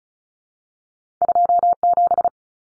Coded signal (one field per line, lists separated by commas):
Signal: Morse code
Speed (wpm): 34 wpm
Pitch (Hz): 700 Hz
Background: none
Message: 27